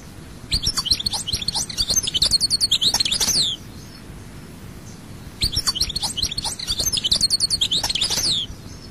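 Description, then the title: European goldfinch song: two long phrases of rapid, liquid twittering and chattering trills, each about three seconds, separated by a pause. "Chant Chardonneret"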